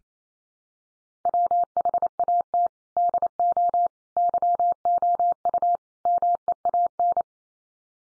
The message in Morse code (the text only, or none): WHAT DO YOU MEAN